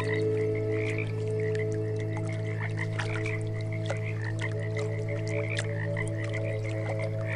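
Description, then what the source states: Rapid frog croaks pulse through a continuous chorus above steady low music drones. Frogs, mixed with meditation music.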